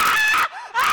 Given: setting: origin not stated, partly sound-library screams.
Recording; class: one-second piece from a danger detection set; woman in danger